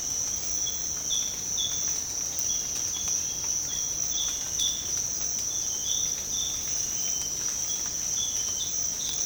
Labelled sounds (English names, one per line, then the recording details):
none
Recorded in secondary vegetation near Puerto Asís, Putumayo, Colombia, on 19 March 2025 at 06:00
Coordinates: 0.485, -76.322
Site G040